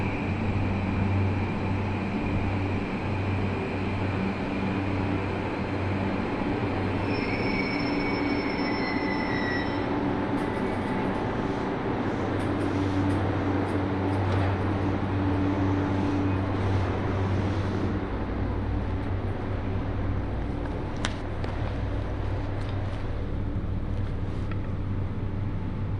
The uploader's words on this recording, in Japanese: 新水前寺から豊肥本線に乗って肥後大津まで移動します。なかなかの山道を登っていくのですが、821系車両はいとも簡単に進んでいきます。